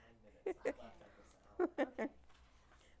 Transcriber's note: laughs